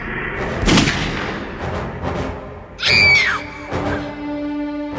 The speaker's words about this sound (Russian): Гулко хлестнули выстрелы автоматического пистолета, смешавшиеся с криками.